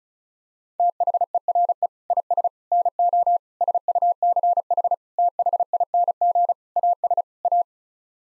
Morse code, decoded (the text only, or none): THERE IS NO SUCH THING AS A